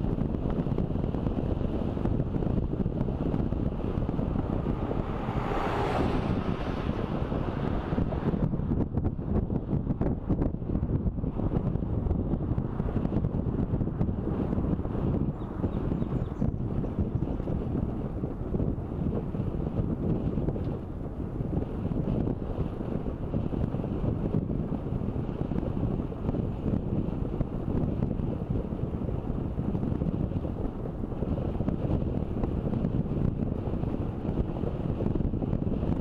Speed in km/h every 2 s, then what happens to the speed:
30, 30, 30, 31, 30, 29, 29, 28, 28, 29, 28, 28, 28, 28, 28, 29, 29, 31.
0-36 steady at about 29.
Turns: none.